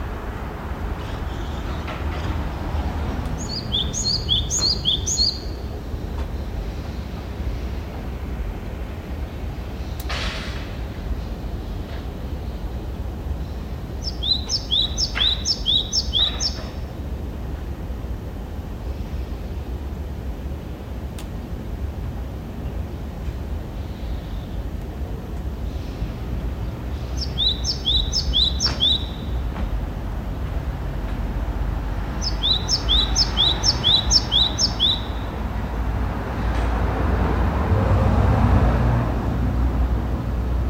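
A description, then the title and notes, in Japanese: Morning birds in town: short bursts of quick, high chirps repeat at about 4, 15, 28 and 33 seconds, each a rapid stuttering series. Beneath them runs a steady low rumble of traffic, swelling as vehicles pass near the start and end. 街中の朝の鳥。前半と後半で鳴き方が違っています。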